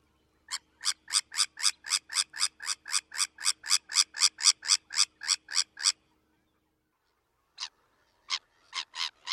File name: Sabines Gull